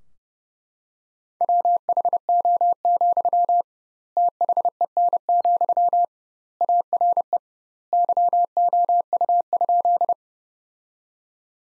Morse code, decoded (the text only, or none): WHO, THEN, ARE YOU?